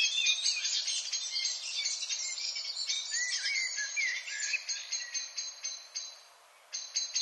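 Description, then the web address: Redwing song, a long stream of high twittering with squeaky slurred notes, easing into evenly spaced clicking notes, then a pause and renewed chatter. "HGW birds \ \aves Rodvingetrast"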